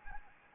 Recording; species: mosquito wingbeat signal from an infrared sensor; Anopheles gambiae